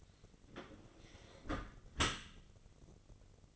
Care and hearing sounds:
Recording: daily activity, microphone in the room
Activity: close dishwasher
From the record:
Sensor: 4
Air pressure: 1003.9 hPa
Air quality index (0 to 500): 153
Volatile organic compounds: 2 ppm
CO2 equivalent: 1091 ppm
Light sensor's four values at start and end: 27/64/27/29 and 27/66/28/30

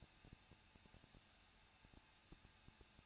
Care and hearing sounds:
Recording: daily activity, microphone in the room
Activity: no activity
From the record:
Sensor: 2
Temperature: 21.0 degrees Celsius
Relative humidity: 37.6%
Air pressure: 1006.2 hPa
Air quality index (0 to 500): 223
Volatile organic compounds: 25 ppm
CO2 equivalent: 2839 ppm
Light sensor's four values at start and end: 2/3/2/2 and 2/3/2/2

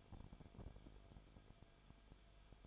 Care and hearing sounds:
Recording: daily activity, microphone in the room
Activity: no activity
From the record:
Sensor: 5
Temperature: 20.3 degrees Celsius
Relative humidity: 39.8%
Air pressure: 1010.8 hPa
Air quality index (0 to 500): 166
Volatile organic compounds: 15 ppm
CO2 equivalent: 2510 ppm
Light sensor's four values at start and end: 2/3/1/1 and 2/3/1/1

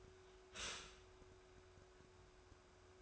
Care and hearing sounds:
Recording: daily activity, microphone in the room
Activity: stop toaster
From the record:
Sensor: 2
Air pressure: 1014.6 hPa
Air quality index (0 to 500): 201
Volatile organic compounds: 22 ppm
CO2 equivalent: 2761 ppm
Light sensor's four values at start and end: 3/9/3/3 and 3/9/3/3

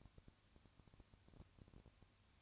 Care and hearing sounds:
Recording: daily activity, microphone in the room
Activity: no activity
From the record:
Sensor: 2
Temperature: 20.3 degrees Celsius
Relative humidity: 35.6%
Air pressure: 1001.0 hPa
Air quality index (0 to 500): 197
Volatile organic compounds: 5 ppm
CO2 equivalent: 1736 ppm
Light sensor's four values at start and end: 2/3/2/2 and 2/3/2/2

